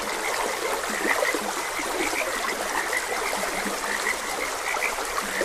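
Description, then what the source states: Several frogs calling together with short, chirpy croaks repeating unevenly, while a stream babbles and trickles steadily underneath. Frogs croaking beside a gentle stream; continuous nature ambience.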